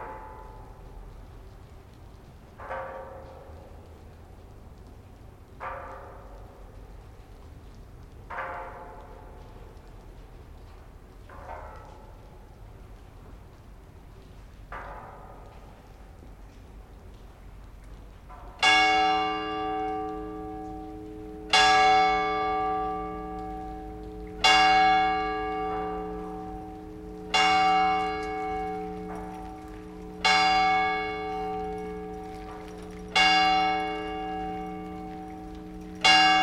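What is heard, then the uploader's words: Ropes knock against a tall iron flagpole in a slow, even rhythm, one metallic clang about every three seconds. The first strikes are soft and short; after about eighteen seconds they turn louder and ring on, a steady hum lingering between hits over faint background noise. Facing St Mark's Basilica where slight wind plays with ropes on a tall iron flagpoles. Location: Venice - Piazza San Marco, Italy. Piazza San Marco before dawn with light rain.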